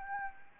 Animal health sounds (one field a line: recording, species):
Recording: mosquito wingbeat signal from an infrared sensor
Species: Anopheles arabiensis